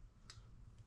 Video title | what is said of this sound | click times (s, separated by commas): Sportster Spark Plug Change. With Torque Specs! | and when we do put the spark plug wire on push it down so you hear and feel it click | 0.3 s